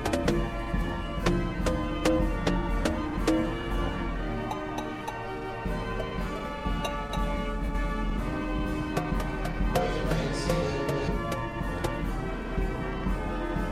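The Silver Beach Carousel's organ music plays steadily, with full, sustained tones layered over a low machinery rumble. Sharp taps of percussion land at a regular beat through the clip, and a brighter high shimmer rises briefly near the ten-second mark.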